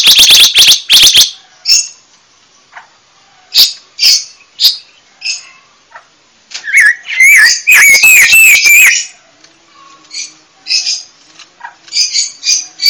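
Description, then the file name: Panca warna bird giving a quick burst of high notes, spaced chirps, then a loud whistled, wavering phrase and softer trailing chips. Indonesian songbird giving a loud, full song, described as ngeplong kencang. "Kicau Burung Panca Warna Ngeplong Kencang"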